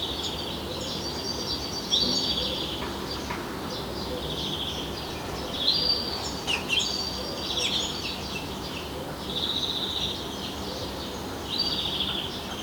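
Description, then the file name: European greenfinch calls in a series of brief trilled twitters over constant background noise. "Chloris chloris"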